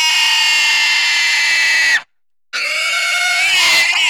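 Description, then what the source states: Pig giving a long shrill scream, a short break, then another wavering, piercing squeal. Intense squeals.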